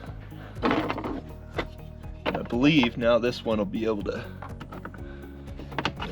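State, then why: Seated. A plastic phone charger holder piece is pressed down into the groove of a plastic dash mount bracket while someone talks over background music, with a few light knocks along the way. It snaps into place with sharp clicks at 5.8 and 5.9 seconds, seating the holder in the groove.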